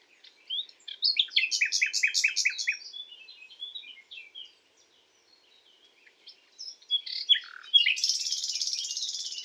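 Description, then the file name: Common nightingale song: a loud, fast series of repeated clipped notes, quieter twittering and a pause, then varied notes and a harsh buzzy phrase to finish. "Luscinia megarhynchos"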